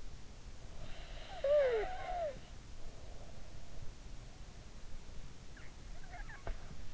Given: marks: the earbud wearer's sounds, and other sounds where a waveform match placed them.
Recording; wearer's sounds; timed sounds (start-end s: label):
sounds in sleep by an in-ear microphone; snoring breath, breath
0.80-2.67 s: snoring breath
5.04-6.94 s: breath